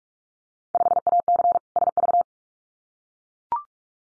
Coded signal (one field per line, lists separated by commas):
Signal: Morse code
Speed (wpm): 44 wpm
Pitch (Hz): 700 Hz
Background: none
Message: 5AC SV